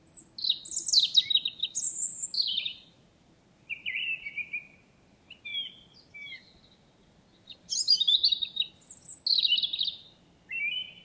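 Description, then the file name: European robin song: thin, high warbled phrases with rapid sweeping trills, delivered in several bursts separated by short quiet pauses. "Erithacus rubecula"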